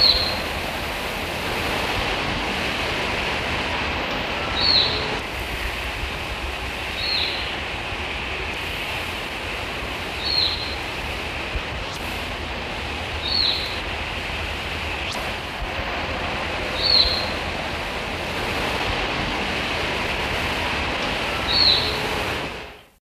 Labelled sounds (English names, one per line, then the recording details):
Crested Lark call
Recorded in captivity
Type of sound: call
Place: Hannover, Niedersachsen, DE
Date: 1974-05-06
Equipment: Halbspur, 9,5 cm/s
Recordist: Lütgens, Hans
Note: Flügger Jungvogel beim Haus